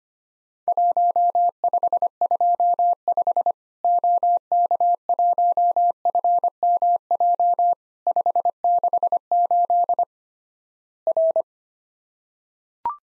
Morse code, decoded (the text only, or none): 1525 OK1FMJ 568 R